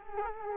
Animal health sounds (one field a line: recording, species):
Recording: mosquito wingbeat signal from an infrared sensor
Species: Culex quinquefasciatus